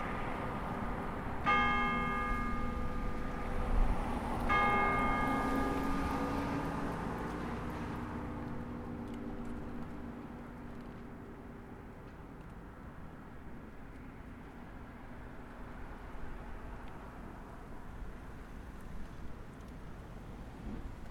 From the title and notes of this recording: Wind chimes and bells, Provincetown, Massachusetts on the Winter Solstice after the light fades. By Eleanor McDowall.